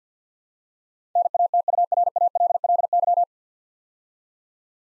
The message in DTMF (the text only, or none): none